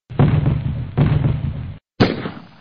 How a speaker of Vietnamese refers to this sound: Bỗng 3 phát súng trường nổ đanh giòn.